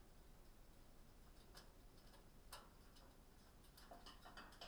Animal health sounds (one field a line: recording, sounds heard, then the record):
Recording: poultry house recording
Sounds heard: no chicken sound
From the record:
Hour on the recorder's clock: 19